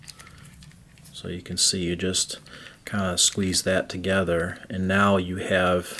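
The plastic chest assembly of a Transformers Masterpiece Ratchet MP-30 transforming action figure is squeezed together, and its small plastic tabs snap into the figure's torso with a sharp click at 0.1 s. A few softer ticks follow before someone talks over the rest of the clip. The chest assembly ends up locked into place.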